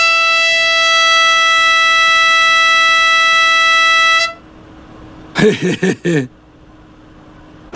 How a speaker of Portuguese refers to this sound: Trouxe minha lanterna para acharmos o caminho no escuro, uma tesoura para cortar lenha em gravetas e uma buzina para afugentar os ursos.